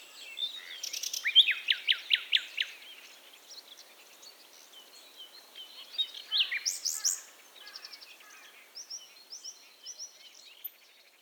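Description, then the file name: Common nightingale song: a series of loud, evenly repeated slurred notes, then a rich churring phrase and softer varied twitters. "Luscinia megarhynchos"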